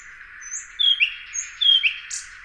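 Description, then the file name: Common nightingale, two drawn-out whistled notes each ending in a quick downward flick, with faint high notes in between and a brief buzzy note at the end. "Luscinia megarhynchos"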